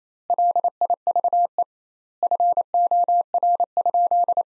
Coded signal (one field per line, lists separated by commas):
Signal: Morse code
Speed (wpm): 28 wpm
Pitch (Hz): 700 Hz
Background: none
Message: LIVE FOR?